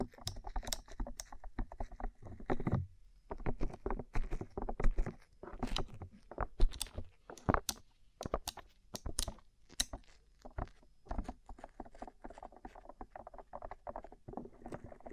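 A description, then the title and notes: Fingers tap quickly on a rhinestone-covered surface in dense, uneven bursts of sharp, bright clicks with a light knocking underneath. The tapping briefly pauses near the three-second mark, grows louder and more spaced between about four and ten seconds, then settles into softer, rapid pattering. ASMR Rhinestone Covered Tapping 3Dio (No Talking).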